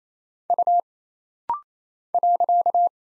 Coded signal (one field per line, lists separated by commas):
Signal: Morse code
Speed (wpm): 27 wpm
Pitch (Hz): 700 Hz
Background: none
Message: U .